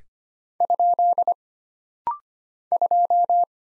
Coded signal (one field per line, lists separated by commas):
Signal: Morse code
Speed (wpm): 25 wpm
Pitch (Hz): 700 Hz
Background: none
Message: ? 2